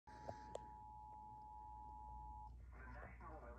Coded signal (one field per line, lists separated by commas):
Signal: Emergency Alert System (SAME) tones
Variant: 853 and 960 Hz attention tone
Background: speech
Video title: (EAS 440) Peacefully listening to WLVU HD2 (Air1) then this…